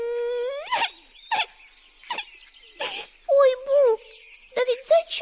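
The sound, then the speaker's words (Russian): High, wavering whimpers and sobbing cries come in a string of short bursts with rising and falling pitch, like two little bunnies on a bench crying because they have lost their mother, probably voiced by a person imitating them. “Плачут.”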